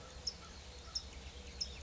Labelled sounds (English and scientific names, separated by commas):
California Towhee (Melozone crissalis)